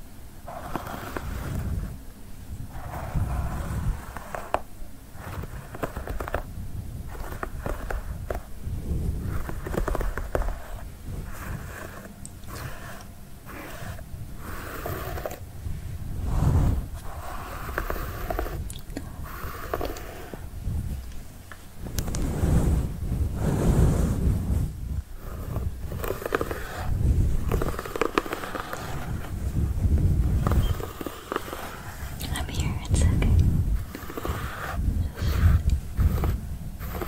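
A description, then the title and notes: Dense rubbing and scratching sounds of a head massage, with soft friction and brushing strokes repeating every second or so. Low muffled thumps and rumbles sit underneath. The texture stays fairly steady, growing slightly louder and busier after about twenty seconds. Girl brushes your hair ASMR personal attention, invisible scratching, head massage.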